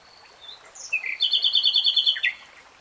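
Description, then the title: Nightingale song: soft high whistles lead into a rapid rattling trill of repeated notes, ending in a falling slur. Nightingale singing in real time. "[Tiếng chim hót] 3 Hours REALTIME Nightingale Singing"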